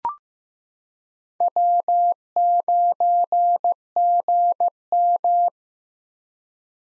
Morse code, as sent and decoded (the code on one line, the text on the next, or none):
.-- ----. --. --
W9GM